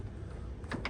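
A sliding sunroof panel on a 1977 VW Beetle is cranked closed after a cable replacement, with a low steady rumble underneath. Its latch gives small clicks at 0.7 s and 0.9 s. The panel ends up and locked.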